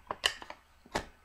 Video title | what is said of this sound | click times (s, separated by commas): mossberg 702 .22 fieldstrip | all right there it snap back in there | 0.3 s